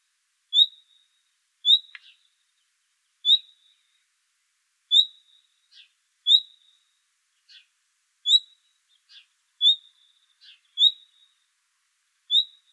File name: Luscinia megarhynchos